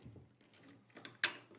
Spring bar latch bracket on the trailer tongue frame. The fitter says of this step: we'll rotate that around and it clicks into place when it's secured so then we have a nice secure